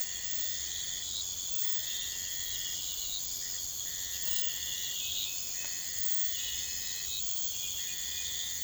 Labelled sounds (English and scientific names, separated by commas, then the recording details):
none
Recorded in pastures near Puerto Asís, Putumayo, Colombia, on 21 December 2024 at 03:30
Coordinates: 0.472, -76.329
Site G072